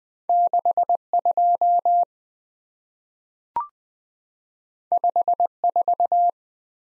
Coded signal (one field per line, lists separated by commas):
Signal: Morse code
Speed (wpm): 20 wpm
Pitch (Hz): 700 Hz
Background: none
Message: 62 54